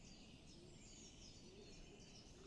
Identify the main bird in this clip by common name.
Common Chiffchaff